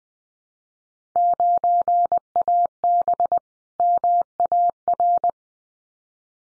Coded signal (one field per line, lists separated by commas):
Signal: Morse code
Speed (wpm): 20 wpm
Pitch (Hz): 700 Hz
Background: none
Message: 9AB MAR